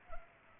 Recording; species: mosquito wingbeat signal from an infrared sensor; Culex pipiens